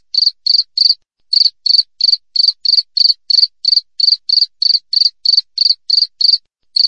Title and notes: Jangkrik Alam Jernih, Jeda Rapat. suara jangkrik